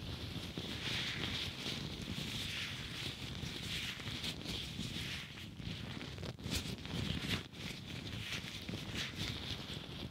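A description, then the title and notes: Rubbing and brushing against the microphone, a dense, rumbling rustle with steady bright hiss and sharper crackles around six to seven seconds. ASMR French 5 Triggers (Latex gloves, Mic brushing, Plastic on mic, tweezers.)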